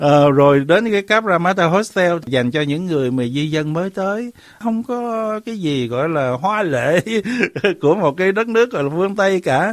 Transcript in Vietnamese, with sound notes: Rồi đến cái Cabramatta Hostel dành cho những người mà di dân mới tới, không có cái gì gọi là hoa lệ [cười] của một cái đất nước phương Tây cả.